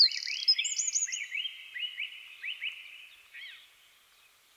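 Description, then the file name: Eurasian wren song: a rapid high buzzy trill followed by a series of quick rising chirps that fade toward the end. "Troglodytes troglodytes"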